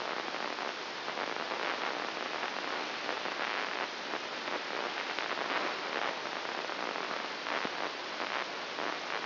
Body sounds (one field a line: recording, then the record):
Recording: brain microelectrode recording played as sound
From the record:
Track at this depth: inside the subthalamic nucleus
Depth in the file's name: 3.802 mm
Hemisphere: right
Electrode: 2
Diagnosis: Parkinson's disease